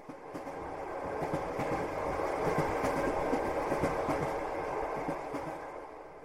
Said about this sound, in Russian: Мимо станции промчался поезд.